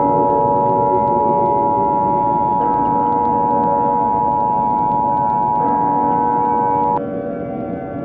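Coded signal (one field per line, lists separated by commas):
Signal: Emergency Alert System (SAME) tones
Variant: 853 and 960 Hz attention tone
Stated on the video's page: Valid EAS tones in an entirely fictional scenario.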